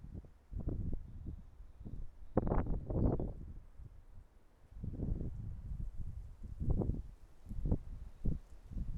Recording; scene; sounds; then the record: everyday scene through a hearing-aid microphone; wind on the microphone; wind, traffic, birds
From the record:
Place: suburban garden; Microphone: behind the ear, right, front